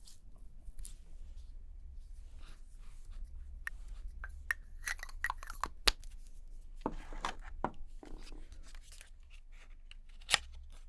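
Someone doing makeup: light taps, clicks and brushing or rustling strokes come in irregular bursts. Sharper clicks stand out near 4.5, 6 and 10.5 seconds, over a faint low hum that runs throughout.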